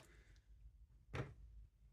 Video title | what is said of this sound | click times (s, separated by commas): Formovie Fengmi S5 - 02. Remontage (Assemble) | La prise est bien enclenchée. | 1.1 s